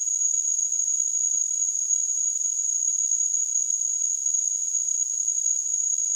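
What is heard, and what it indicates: Simulated tinnitus: a steady, continuous high-pitched tone near 7 kHz over a faint hiss, unchanging throughout.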